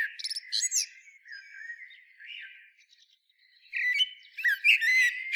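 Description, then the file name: Eurasian blackbird giving high chirps and a drawn-out whistle, a quieter warbling stretch, then a louder run of sharp squeaky notes. "Turdus merula"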